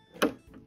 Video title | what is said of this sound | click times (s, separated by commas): Comment changer un enfile aiguille ? Elna & Janome | clac, c'est enclenché. | 0.2 s